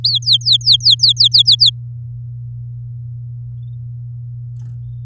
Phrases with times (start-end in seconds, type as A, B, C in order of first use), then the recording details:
0.04-1.70 A. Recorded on 9 May 2018 at 09:01. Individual llb16